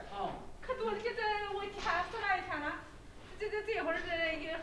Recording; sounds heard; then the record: poultry house recording; no chicken sound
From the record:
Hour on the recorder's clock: 16